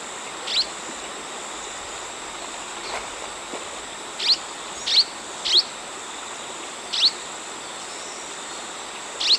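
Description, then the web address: Southern rough-winged swallow uttering single sharp high chips spaced from about half a second to several seconds apart over a steady high insect whine. Recorded in Ecuador. "S America Birds of Ecuador. Southern Rough-winged Swallow"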